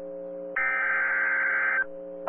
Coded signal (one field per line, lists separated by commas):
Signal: Emergency Alert System (SAME) tones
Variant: header bursts